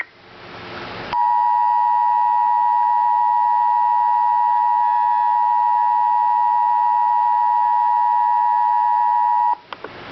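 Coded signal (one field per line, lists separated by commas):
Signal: Emergency Alert System (SAME) tones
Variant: 853 and 960 Hz attention tone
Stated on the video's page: Real Severe Thunderstorm Warning issued by the National Weather Service in Norman for Custer and Washita counties, Oklahoma.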